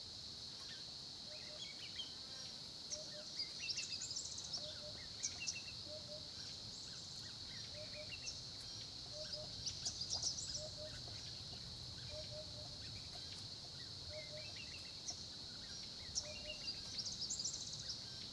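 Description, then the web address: Crickets hum in a steady high chorus while a soft low note repeats roughly every second and a half, with scattered bird chirps above. Crickets recorded at 10:30 am by a small pond at Olifants, Kruger, South Africa. "Sonniss - GDC 2018-Game Audio Bundle Tonschliff - SOUTH AFRICAN CRICKETS BG South Africa Kruger Olifants 1030 am small pond"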